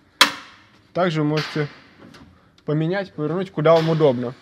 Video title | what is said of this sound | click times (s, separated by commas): Печь камин МЕТА-БЕЛ Свитязь - Горение, регулировки, распределение тепла | Собственно, модель зафиксировалась в нужном положении. | 0.2 s